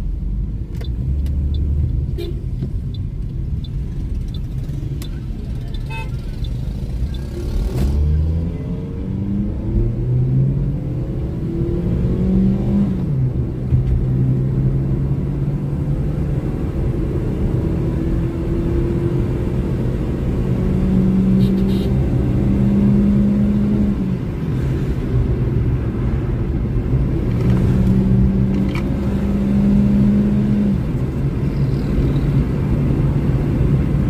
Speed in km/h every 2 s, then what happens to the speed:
19, 18, 7, 11, 34, 51, 62, 71, 81, 89, 95, 103, 89, 93, 101, 106, 111.
0-5 slows to 7. 5-21 speeds up to 103. 21-25 slows to 89. 25-34 speeds up to 111.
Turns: none.